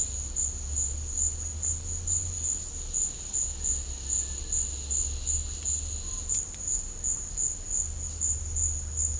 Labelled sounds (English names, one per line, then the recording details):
none
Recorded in pastures near Puerto Asís, Putumayo, Colombia, on 18 December 2024 at 12:00
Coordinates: 0.496, -76.326
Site G004